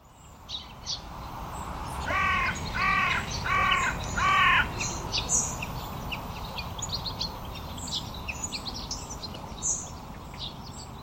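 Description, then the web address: Bird calls: four harsh, nasal caws in quick succession, with scattered high chirps over a steady rushing background noise. "cianscape. Deverinetal. Bird Only"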